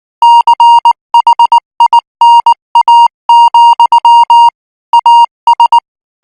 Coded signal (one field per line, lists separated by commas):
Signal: Morse code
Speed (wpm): 19 wpm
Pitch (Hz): 940 Hz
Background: music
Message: CHINA, AS